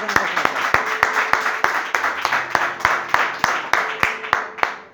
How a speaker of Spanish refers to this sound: Y eso se merece un aplauso, ¿no? Eso se merece.